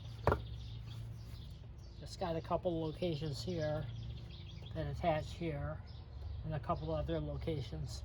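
On a 2011 Lincoln MKZ Hybrid, the plastic engine cover shield is pulled up off its push-on mounting points on the engine to get at the spark plugs. A sharp double pop at 0.3 s and 0.3 s marks the cover coming free of its mounts, and then someone talks.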